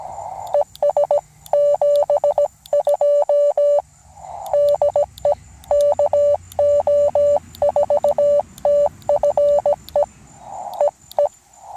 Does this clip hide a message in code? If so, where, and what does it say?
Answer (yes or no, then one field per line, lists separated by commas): yes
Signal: Morse code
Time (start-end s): 0.5-11.3 s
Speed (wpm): 17 wpm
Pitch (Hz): 580 Hz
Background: none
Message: ES72 DE KO4TFE EE